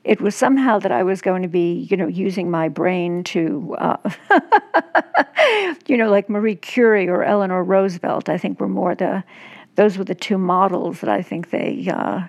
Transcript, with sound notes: It was somehow that I was going to be, you know, using my brain to (laughter), you know, like Marie Curie or Eleanor Roosevelt, I think were more the - those were the two models that I think